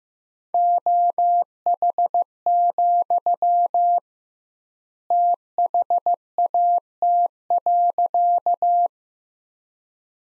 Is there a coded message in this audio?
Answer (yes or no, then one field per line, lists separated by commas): yes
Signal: Morse code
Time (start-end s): 0.5-8.9 s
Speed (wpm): 15 wpm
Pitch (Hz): 700 Hz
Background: none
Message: OH, THAT.